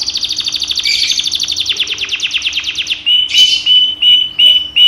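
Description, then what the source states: Canary song: a fast, descending series of chattering notes that rolls into clear, evenly repeated whistled notes. Hobby canary named Jenggo, whose song is described as sounding like a lovebird (kenari rasa Lovebird style).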